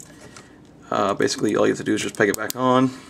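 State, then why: Not seated. The detached plastic face mask piece of a transforming robot toy head is handled to be pegged back onto its mount, with a few faint handling sounds early on before someone talks. The mask has not snapped or seated into place yet.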